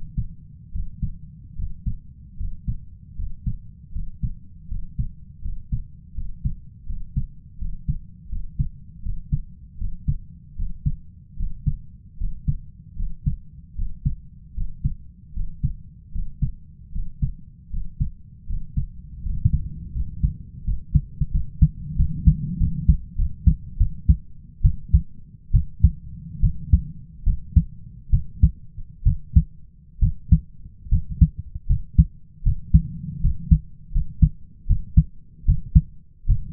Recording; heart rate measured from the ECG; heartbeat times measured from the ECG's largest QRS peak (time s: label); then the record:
heart sounds by stethoscope; 78 bpm
0.71 s: heartbeat
1.55 s: heartbeat
2.36 s: heartbeat
3.15 s: heartbeat
3.91 s: heartbeat
4.67 s: heartbeat
5.41 s: heartbeat
6.13 s: heartbeat
6.85 s: heartbeat
7.57 s: heartbeat
8.28 s: heartbeat
9.02 s: heartbeat
9.77 s: heartbeat
10.55 s: heartbeat
11.36 s: heartbeat
12.17 s: heartbeat
12.95 s: heartbeat
13.75 s: heartbeat
14.54 s: heartbeat
15.33 s: heartbeat
16.11 s: heartbeat
16.91 s: heartbeat
17.69 s: heartbeat
18.46 s: heartbeat
19.22 s: heartbeat
19.92 s: heartbeat
20.64 s: heartbeat
21.31 s: heartbeat
21.96 s: heartbeat
22.57 s: heartbeat
23.15 s: heartbeat
23.77 s: heartbeat
24.62 s: heartbeat
25.51 s: heartbeat
26.40 s: heartbeat
27.24 s: heartbeat
28.10 s: heartbeat
29.03 s: heartbeat
29.99 s: heartbeat
30.89 s: heartbeat
31.67 s: heartbeat
32.43 s: heartbeat
33.21 s: heartbeat
33.92 s: heartbeat
34.67 s: heartbeat
35.45 s: heartbeat
36.26 s: heartbeat
From the record:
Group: healthy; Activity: breath hold 0-19 s, rest 19-37 s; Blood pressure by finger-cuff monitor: 106/64 mmHg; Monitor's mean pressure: 74 mmHg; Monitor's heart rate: 77 bpm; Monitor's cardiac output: 5.3 L/min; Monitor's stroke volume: 68 mL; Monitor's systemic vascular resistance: 960 dyn s/cm5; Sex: male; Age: 20 years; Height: 167 cm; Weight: 61 kg